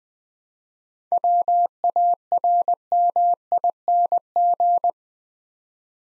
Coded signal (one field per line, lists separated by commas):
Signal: Morse code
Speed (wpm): 20 wpm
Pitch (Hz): 700 Hz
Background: none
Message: WARMING